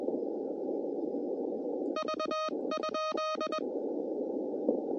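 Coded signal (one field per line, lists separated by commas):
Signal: Morse code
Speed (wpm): 21 wpm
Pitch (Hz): 1250 Hz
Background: none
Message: V?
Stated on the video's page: CW during a Parks on the Air activation.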